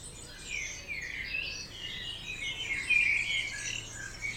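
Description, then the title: Birds in a dense dawn chorus, a continuous wash of high chirps and trills. Dawn chorus recorded at 4am in Oberhofen, Inntal, Austria; binaural recording, best heard with headphones. "Birds Oberhofen Inntal Austria - 4am - binaural version"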